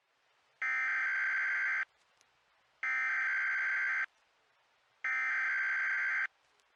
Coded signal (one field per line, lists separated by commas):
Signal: Emergency Alert System (SAME) tones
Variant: header bursts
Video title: EAS Scenario #2 - Tilt